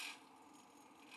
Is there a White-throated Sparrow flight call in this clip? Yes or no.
no